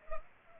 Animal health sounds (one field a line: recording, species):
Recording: mosquito wingbeat signal from an infrared sensor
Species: Culex pipiens